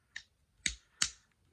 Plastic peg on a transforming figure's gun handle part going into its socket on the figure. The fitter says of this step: There, you'll hear a snap,